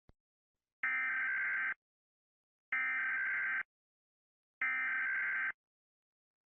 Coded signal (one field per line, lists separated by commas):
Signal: Emergency Alert System (SAME) tones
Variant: header bursts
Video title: The Broken Masquerade - SCP EAS SCENARIO